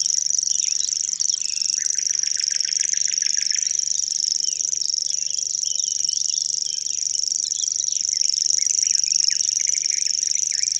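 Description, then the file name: Common grasshopper warbler delivering a long, even, very high reeling trill, with a short rattling bird call and soft chirps from other birds behind it. "Locustelle tachetee"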